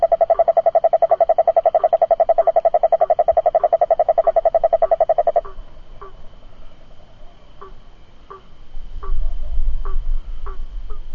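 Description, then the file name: Cururu toad giving a long, fast pulsed trill that stops after about five seconds, followed by short, spaced knocking notes. "Rhinella icterica"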